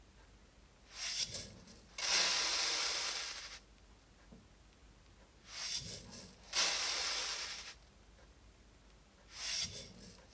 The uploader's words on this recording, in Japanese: 環境音 お米出荷準備(点検)。重さを測り、紙の米袋に入れていきます。